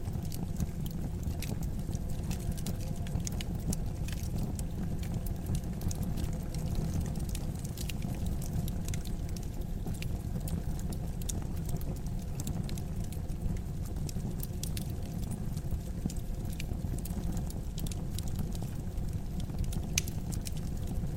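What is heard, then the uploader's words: A fire burns steadily, with a constant low roar filling the bottom and small bright crackles and pops scattered throughout, a few sharper snaps standing out. The level stays even for the whole stretch, unchanging, with no other sounds. Fireplace Ambiance. Burning logs and crackling fire sounds.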